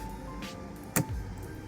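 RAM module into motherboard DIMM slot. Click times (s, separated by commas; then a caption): 1.0 s. A DDR4 memory stick is pressed down into a motherboard DIMM slot, and the retention clip snaps shut with a single sharp click at 0.96 s. Steady background music plays throughout, and the stick ends seated in the slot.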